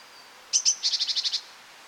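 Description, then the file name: Great tit call: two sharp high notes followed by a rapid buzzy chatter of about seven scolding notes, all very high-pitched, over a quiet hiss. "Parus major"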